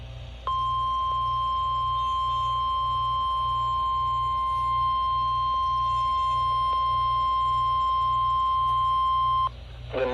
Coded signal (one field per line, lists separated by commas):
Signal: Emergency Alert System (SAME) tones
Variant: 1050 Hz attention tone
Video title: Mid-Week Mayhem Pt. 3 - EAS Alerts from 7/18/24 || EAS 1,342-1,354